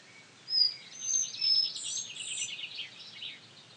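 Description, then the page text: Collared flycatcher song opening with a few thin high whistles, then running into a buzzy, scratchy chatter of rapid notes that fades away. "Jelmer Poelstra - Мухоловка-белошейка (Ficedula albicollis)"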